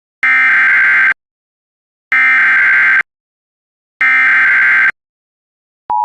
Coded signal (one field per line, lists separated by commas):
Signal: Emergency Alert System (SAME) tones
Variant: header bursts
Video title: EAS #733 Immediate Evacuation from Yesterday